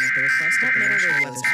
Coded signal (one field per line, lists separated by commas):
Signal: Emergency Alert System (SAME) tones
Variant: header bursts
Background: speech